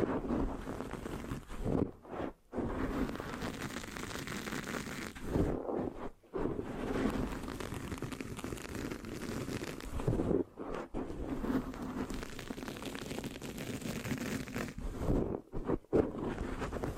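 Mic scratching makes a dense, rough rustle that continues steadily, broken by brief silent gaps near 2, 6, 10 and 16 seconds.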